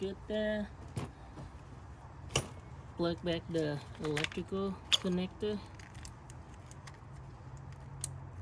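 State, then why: Seated. A plastic electrical connector is pushed back onto the ignition coil of a 2009-2012 Honda Accord during spark plug replacement while someone talks. Small clicks and rattles come before a sharp click at 8.0 s, when the connector locks and seats securely on the coil.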